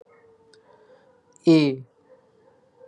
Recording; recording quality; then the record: sustained vowel as in made; excellent, no background noise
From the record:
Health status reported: recovered from COVID-19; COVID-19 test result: positive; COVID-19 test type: RT-PCR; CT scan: not taken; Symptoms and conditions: none ticked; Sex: male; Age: 29 years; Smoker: yes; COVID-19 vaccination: both doses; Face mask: not worn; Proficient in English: yes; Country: India